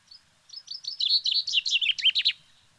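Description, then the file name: Common chaffinch song: a quick run of high chirps speeds into a descending, rattling trill and ends with a sharp flourish, over a quiet background. "Fringilla coelebs"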